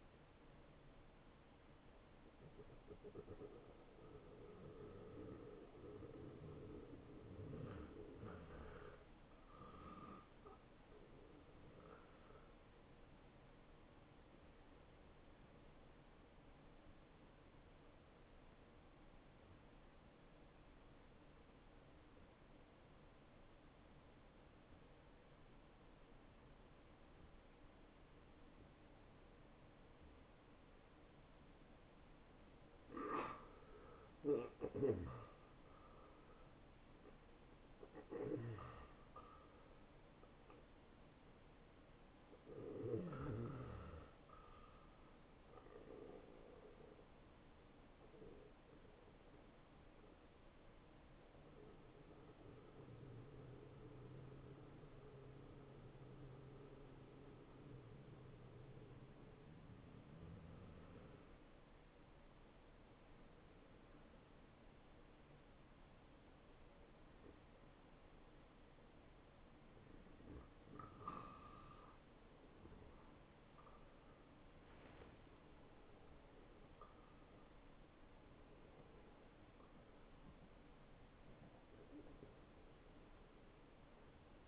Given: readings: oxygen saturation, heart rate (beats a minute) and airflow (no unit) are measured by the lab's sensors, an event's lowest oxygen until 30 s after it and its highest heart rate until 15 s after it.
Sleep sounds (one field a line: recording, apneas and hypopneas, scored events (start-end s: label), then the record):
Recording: breathing in sleep by a voice recorder at the bedside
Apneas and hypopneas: 2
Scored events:
18.00-35.40 s: hypopnea (REM, oxygen 90% highest, then 79% lowest, heart rate 88 at the start, 88 highest)
36.00-84.47 s: new sleep stage, N1 (lightest sleep)
49.00-71.30 s: hypopnea (N1, oxygen 96% highest, then 93% lowest, heart rate 85 at the start, 87 highest)
From the record:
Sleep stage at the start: REM sleep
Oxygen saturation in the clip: 64 to 97%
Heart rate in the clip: 68 to 94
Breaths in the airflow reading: 18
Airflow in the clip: -18.7 to 12.3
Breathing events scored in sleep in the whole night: 263 in 5.5 hours asleep